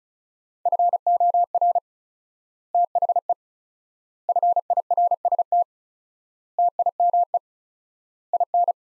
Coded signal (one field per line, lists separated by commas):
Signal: Morse code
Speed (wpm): 36 wpm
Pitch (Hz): 700 Hz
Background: none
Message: FOR THE FIRST TIME IN